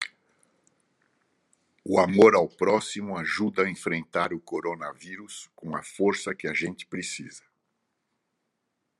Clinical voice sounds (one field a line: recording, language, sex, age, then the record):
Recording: spoken sentence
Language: Brazilian Portuguese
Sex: male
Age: 70 to 79 years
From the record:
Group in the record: control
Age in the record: 74 years